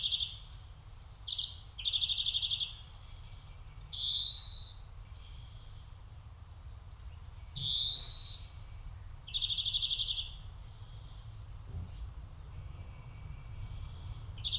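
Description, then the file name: European greenfinch uttering scattered buzzy trills and two rising wheezes, with gaps of quiet and a faint low rumble throughout. "Chloris chloris"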